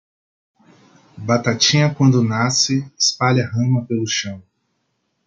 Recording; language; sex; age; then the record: short text; Brazilian Portuguese; male; 30 to 39 years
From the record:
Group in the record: control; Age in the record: 33 years